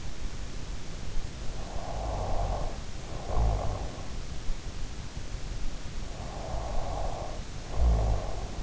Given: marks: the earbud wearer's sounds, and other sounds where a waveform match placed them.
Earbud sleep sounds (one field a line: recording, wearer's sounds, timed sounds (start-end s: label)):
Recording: sounds in sleep by an in-ear microphone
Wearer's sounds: snoring breath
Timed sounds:
0.99-4.01 s: snoring breath
6.17-8.63 s: snoring breath